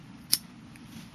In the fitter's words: until it's clipped in you will know that it's clipped in when you hear the click